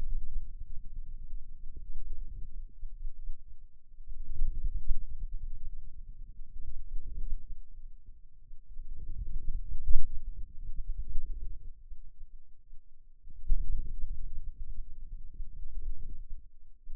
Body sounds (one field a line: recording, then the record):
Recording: forearm muscle sounds (acoustic myography)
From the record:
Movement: wrist flexion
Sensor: system 2, bracelet of six BSWA MPA416 microphones around the upper forearm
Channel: 1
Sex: male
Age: 22 years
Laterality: right